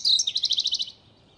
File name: robin-indian-blue -Larvivora-brunnea